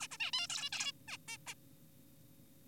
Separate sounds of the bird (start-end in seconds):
0.01-0.07, 0.11-0.17, 0.20-0.31, 0.33-0.47, 0.50-0.70, 0.73-0.92, 1.08-1.17, 1.28-1.37, 1.47-1.54